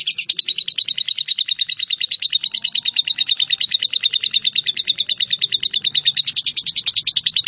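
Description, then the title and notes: Bird singing a long unbroken series of quick, high chirps, with a brief brighter burst near the close. "Bird Sound. Kicau Burung Lengkap"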